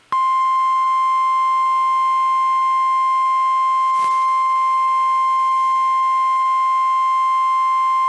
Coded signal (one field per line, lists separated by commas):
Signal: Emergency Alert System (SAME) tones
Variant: 1050 Hz attention tone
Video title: EAS Timeline Early March Twin Cities Tornadoes NOAA Weather Radio KEC65/KSTP-FM (KS95)